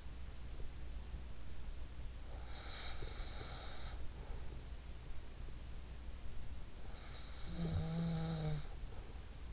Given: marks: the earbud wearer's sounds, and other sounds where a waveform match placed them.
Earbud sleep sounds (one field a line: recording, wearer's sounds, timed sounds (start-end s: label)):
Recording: sounds in sleep by an in-ear microphone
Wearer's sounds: breath, snoring breath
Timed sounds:
2.05-4.66 s: breath
7.04-9.53 s: snoring breath